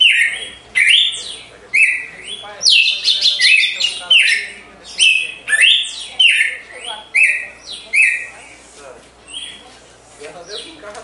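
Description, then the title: Red-cowled cardinal giving a lively song of sharp, sliding whistles and quick note clusters, delivered in steady bursts. Female red-cowled cardinal singing after the moult, in a song contest. "Canto Galo Campina Fêmea. GALO DE CAMPINA DEPOIS DA MUDA (disputa)"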